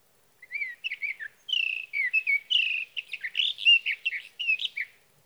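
Sage thrasher giving a long warbling song of sweet, varied whistled notes, some drawn out and falling, delivered with scarcely a break.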